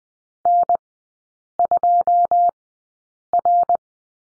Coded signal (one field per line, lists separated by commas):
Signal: Morse code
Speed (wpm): 20 wpm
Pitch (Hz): 700 Hz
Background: none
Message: N2R